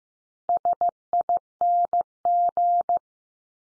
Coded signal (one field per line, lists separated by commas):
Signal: Morse code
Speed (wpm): 14 wpm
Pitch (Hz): 700 Hz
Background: none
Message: SING